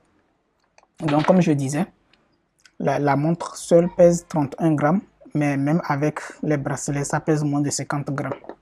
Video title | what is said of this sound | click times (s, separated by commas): REDMI WATCH 4 : DEBALLAGE/UNBOXING ET PRESENTATION | ça ne prend pas mais quand tu le ramènes dans le bon sens il se clipse en même temps | 0.8 s